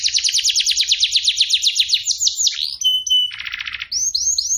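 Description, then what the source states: Canary singing rapid rolling trills of falling notes, then a clear steady whistle, a harsh buzzy rattle and a few swooping notes. Champion canary's training song, a tutor recording for teaching competition canaries.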